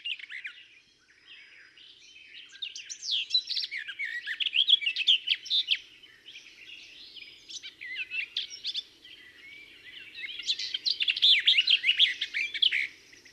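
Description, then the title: Garden warbler singing a sustained, hurried warble of rich chattering and fluty notes in two long bursts, with a quieter, sparser stretch between them. "La Fauvette des jardins"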